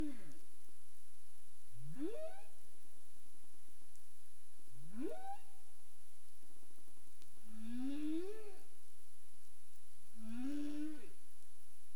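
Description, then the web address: Humpback whale song phrase of four moaning units, two sharply upswept whoops followed by two lower rising moans, spaced a few seconds apart. Caribbean, 27 April 2035 at 22:47 UTC. "humpback whale 20350427 224731 UTC"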